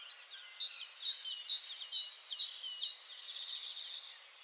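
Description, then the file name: Great tit calls, a series of sharp high notes repeated about twice a second, over a busy background of other twittering birds. "Parus major"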